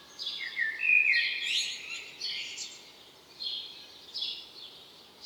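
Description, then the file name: Common blackbird calls: a loud, quick twittering phrase early on, followed by a few separate high chirps. "Turdus merula"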